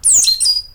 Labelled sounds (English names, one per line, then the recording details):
Stitchbird song
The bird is a male
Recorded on Tiritiri Matangi Island, New Zealand, in 2005
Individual 12, of nest box 16